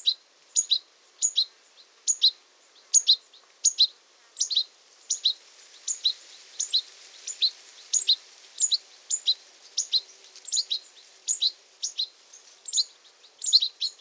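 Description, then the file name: European goldfinch uttering clear, high chirping note groups in a steady repeated series, against an otherwise quiet background. "Carduelis carduelis"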